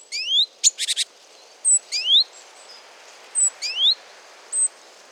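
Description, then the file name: Great tit calls: short rising whistled notes repeated roughly every 1.7 seconds, with a brief buzzy rattling burst near the start and thin high notes between. "Parus major"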